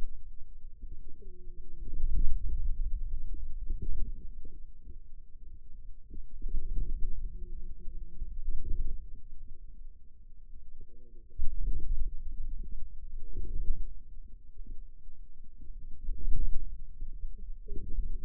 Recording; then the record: forearm muscle sounds (acoustic myography)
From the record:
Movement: inward rotation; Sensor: system 2, bracelet of six BSWA MPA416 microphones around the upper forearm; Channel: 2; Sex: female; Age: 21 years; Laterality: right